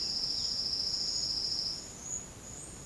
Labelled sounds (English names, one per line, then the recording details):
none
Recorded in secondary vegetation near Puerto Asís, Putumayo, Colombia, on 21 March 2025 at 10:30
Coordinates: 0.488, -76.319
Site G095